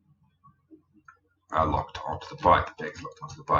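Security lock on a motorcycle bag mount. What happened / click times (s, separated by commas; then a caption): The security lock clicked down into place / 1.1 s. An extra security lock on a MotoBags Clip'n Ride motorcycle bag mount is pushed down to lock the bag onto the bike. A few faint taps lead to a single sharp click at 1.1 s as the lock seats. Then someone talks.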